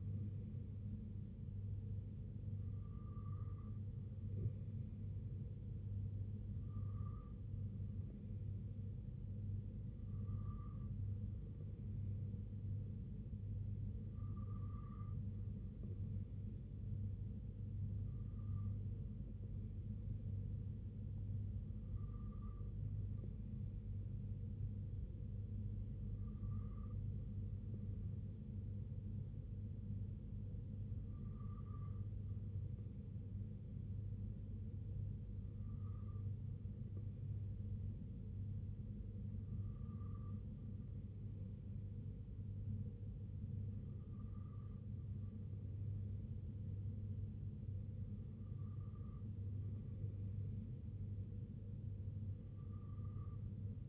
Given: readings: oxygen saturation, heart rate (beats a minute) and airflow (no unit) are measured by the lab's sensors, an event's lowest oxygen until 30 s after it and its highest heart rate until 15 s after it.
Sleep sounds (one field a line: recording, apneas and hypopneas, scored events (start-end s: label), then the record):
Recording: breathing in sleep by a smartphone at the bedside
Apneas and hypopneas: none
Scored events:
11.00-53.89 s: new sleep stage, N2 (light sleep)
From the record:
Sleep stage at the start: N3 (deep sleep)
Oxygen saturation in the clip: 92 to 93%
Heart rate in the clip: 63 to 68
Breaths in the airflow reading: 12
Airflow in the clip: -3.1 to 2.0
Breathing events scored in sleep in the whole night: 258 in 7.4 hours asleep